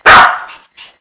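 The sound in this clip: Dog giving a single loud sharp bark that fades quickly, followed by a faint short after-sound.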